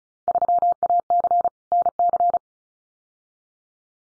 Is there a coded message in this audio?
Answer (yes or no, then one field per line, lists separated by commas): yes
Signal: Morse code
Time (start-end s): 0.3-2.4 s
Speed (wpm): 34 wpm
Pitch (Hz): 700 Hz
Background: none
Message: 3AC NC